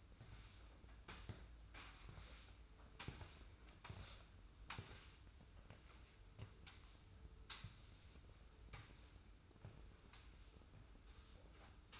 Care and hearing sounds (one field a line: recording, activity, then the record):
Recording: daily activity, microphone in the room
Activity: sweep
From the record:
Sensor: 2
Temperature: 25.1 degrees Celsius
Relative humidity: 45.4%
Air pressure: 990.3 hPa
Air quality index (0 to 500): 210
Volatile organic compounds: 1000 ppm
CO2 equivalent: 6742 ppm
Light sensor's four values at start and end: 29/68/28/28 and 31/72/30/30